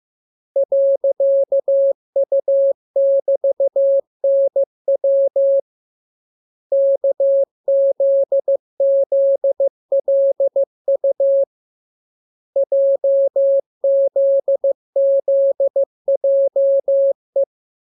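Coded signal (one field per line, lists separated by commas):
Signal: Morse code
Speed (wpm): 15 wpm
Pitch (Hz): 550 Hz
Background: none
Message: .U<BT>NW KZZLU JZZJE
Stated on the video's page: Morse lesson 16 drill of letters KMURESNAPTLWI.JZ=, radiograms preceded by VVV and section sign, ended with AR.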